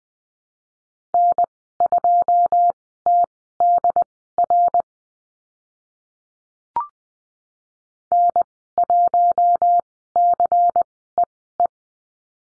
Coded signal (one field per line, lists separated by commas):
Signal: Morse code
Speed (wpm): 20 wpm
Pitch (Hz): 700 Hz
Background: none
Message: N2TDR N1CEE